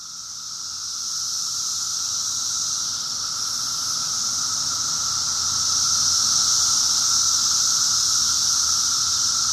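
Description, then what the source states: Cicadas buzz continuously in a high, sizzling chorus that grows louder over the first seconds, rises again around six seconds, then holds steady. Recorded in 2004.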